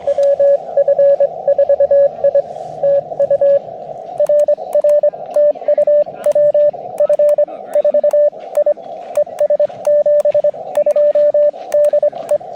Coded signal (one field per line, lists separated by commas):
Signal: Morse code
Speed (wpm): 25 wpm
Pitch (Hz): 590 Hz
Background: radio noise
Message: WF4I TU RR TU WF4I ES 72 DE